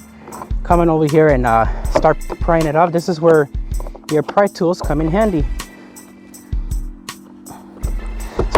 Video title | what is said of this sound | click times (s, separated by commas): 2019 FORD FLEX SEL JL AUDIO STEALTH BOX INSTALLATION | I start lifting there you go hurt that little snap there | 8.6 s